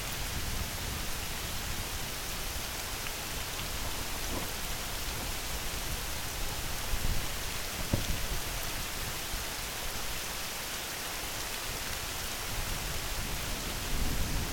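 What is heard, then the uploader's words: Steady, dense rain falls evenly throughout, a soft hiss with low rumble beneath and a few brief sharper drops near eight seconds. MIDNIGHT RAIN.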